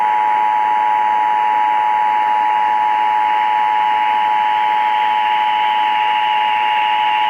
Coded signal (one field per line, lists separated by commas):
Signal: Emergency Alert System (SAME) tones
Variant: 853 and 960 Hz attention tone